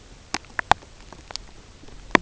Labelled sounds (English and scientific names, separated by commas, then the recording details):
none
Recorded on Arctic tundra, site UTQI-0, on 13 June 2019
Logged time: 10:00